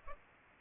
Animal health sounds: mosquito wingbeat signal from an infrared sensor; Culex pipiens

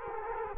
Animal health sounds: mosquito wingbeat signal from an infrared sensor; Culex quinquefasciatus

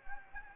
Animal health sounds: mosquito wingbeat signal from an infrared sensor; Anopheles gambiae

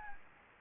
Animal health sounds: mosquito wingbeat signal from an infrared sensor; Anopheles gambiae

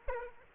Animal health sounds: mosquito wingbeat signal from an infrared sensor; Aedes aegypti

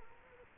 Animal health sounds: mosquito wingbeat signal from an infrared sensor; Culex quinquefasciatus

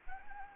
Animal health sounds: mosquito wingbeat signal from an infrared sensor; Anopheles gambiae

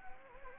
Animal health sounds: mosquito wingbeat signal from an infrared sensor; Anopheles gambiae

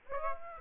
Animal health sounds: mosquito wingbeat signal from an infrared sensor; Aedes aegypti

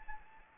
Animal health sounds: mosquito wingbeat signal from an infrared sensor; Anopheles arabiensis

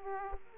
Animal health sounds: mosquito wingbeat signal from an infrared sensor; Aedes aegypti

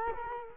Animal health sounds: mosquito wingbeat signal from an infrared sensor; Culex quinquefasciatus

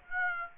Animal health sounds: mosquito wingbeat signal from an infrared sensor; Aedes aegypti

